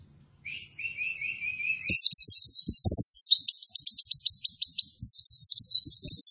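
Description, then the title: White-eye song: a thin, steady trill near the start, then a fast, high, scratchy warble of rapid chattering notes that continues without pause. Training recording made for cage birds; described as an energetically singing bird (gacor). "Pleci Gacor. Masteran Burung PLECI"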